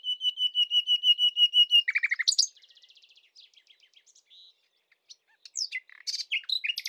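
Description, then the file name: Common nightingale song: a rapid series of clear, repeated piping notes, a quick rattle, then soft ticking and a burst of varied loud, sweeping notes. "Luscinia megarhynchos"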